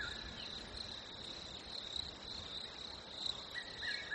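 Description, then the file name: Crickets chirping in a steady high-pitched drone over soft background noise. Nature ambience recording labelled fresh winter. "smartsound. Fresh Winter Crickets Birds"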